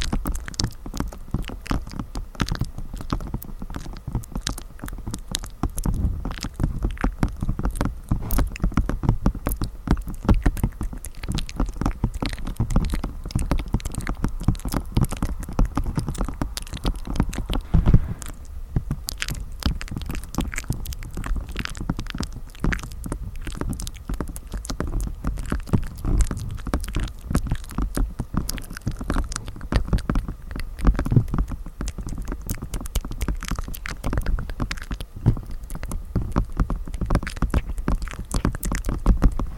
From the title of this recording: mouth sounds , gentle tapping and mic scratching